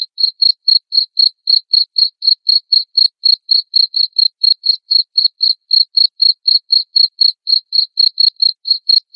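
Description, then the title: Cricket producing a continuous run of short high-pitched chirps at about four per second, steady and uninterrupted. Loud cricket chirping played to make lovebirds sing continuously. "Suara JANGKRIK NGERIK Keras Bikin LOVEBIRD Jadi NGEKEK Terus"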